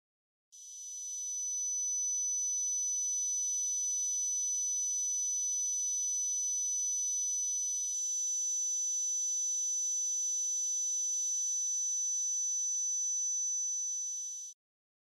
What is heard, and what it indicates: Tinnitus with tone at 6KHz and noise band.